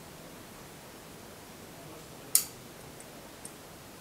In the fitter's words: push it so all seats in and turn your bevel until you hear it click